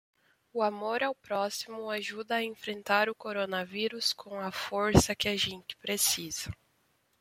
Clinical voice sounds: spoken sentence; Brazilian Portuguese; female; 20 to 29 years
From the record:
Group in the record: control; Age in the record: 24 years

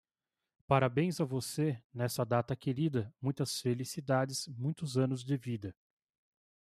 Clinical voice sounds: short text; Brazilian Portuguese; male; 30 to 39 years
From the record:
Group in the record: control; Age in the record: 33 years

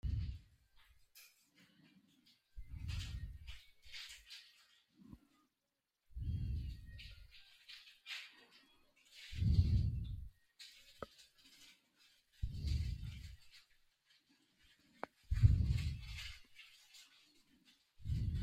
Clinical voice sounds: short text; Brazilian Portuguese; female; 40 to 49 years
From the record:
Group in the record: control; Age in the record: 47 years

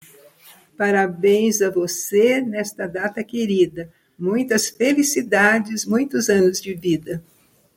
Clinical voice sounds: short text; Brazilian Portuguese; female; 80 to 89 years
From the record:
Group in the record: control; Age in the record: 86 years

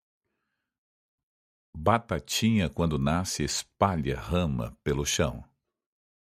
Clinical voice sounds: short text; Brazilian Portuguese; male; 50 to 59 years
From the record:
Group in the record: control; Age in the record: 57 years

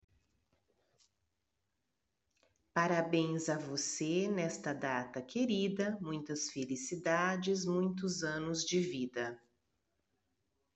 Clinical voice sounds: short text; Brazilian Portuguese; female; 40 to 49 years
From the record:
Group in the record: control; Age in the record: 48 years

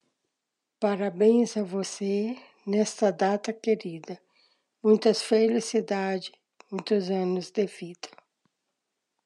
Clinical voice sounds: short text; Brazilian Portuguese; female; 50 to 59 years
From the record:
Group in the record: control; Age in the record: 57 years

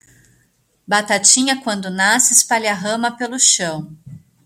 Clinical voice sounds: short text; Brazilian Portuguese; female; 30 to 39 years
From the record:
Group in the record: control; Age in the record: 38 years

